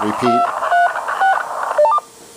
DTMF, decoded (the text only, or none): 236